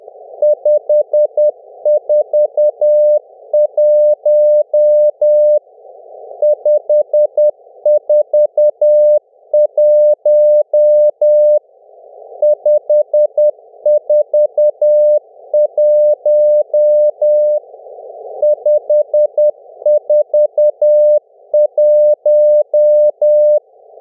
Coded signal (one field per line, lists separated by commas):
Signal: Morse code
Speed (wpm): 10 wpm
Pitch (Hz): 600 Hz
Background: none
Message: 541 541 541 541